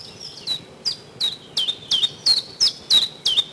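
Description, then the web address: Common chiffchaff singing a string of bright, downward-slurred chips at about three per second, slightly uneven in pitch from note to note, over a soft noisy background. Recorded in spring. "vremena vesna 11 penochka-tinkovka"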